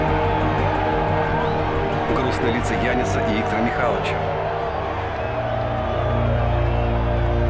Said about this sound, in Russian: Арбитр свистит и заканчивает поединок. Американцы ликуют, русские болельщики огорченно опускают головы.